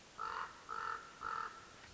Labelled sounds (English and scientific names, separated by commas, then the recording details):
Common Raven (Corvus corax)
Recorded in Sonoma County, California